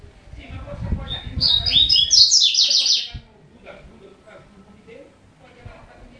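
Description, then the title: Double-collared seedeater singing one rapid, high, sweet warbled phrase of about two seconds, starting with a thin note and ending abruptly, with low background rumble. "Canto Coleiro"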